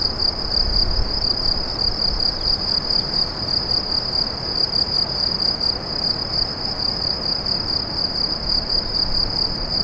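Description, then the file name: Cricket chorus, a high, shrill pulsed chirping that never pauses, rhythmic and even, over a faint low rumble of background noise. "grillons"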